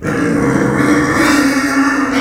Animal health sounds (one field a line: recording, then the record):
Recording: squeal of a Yucatan mini pig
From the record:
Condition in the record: after surgery on the right vocal fold (resection and tissue-engineered implant)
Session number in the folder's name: 3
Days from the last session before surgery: 21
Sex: female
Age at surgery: 19 weeks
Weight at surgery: 25 kg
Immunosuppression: prednisolone